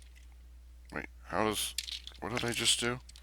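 A plastic piece of a toy robot is handled against the toy body, with faint taps near the start and a few light ticks around 0.9–1.0 s while someone talks. Nothing has seated or clicked yet.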